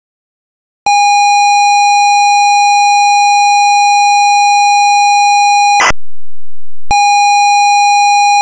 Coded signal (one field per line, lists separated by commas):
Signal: ZX Spectrum tape loading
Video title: Frankie Goes to Hollywood (1985) - Sinclair ZX Spectrum (Full Tape Rip / Cassette Load)